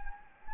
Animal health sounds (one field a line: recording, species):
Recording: mosquito wingbeat signal from an infrared sensor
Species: Anopheles gambiae